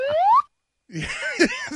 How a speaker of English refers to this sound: There it is. Thank you. Yes, that is the slide whistle. That is the sound I arrive with. It's not very superheroic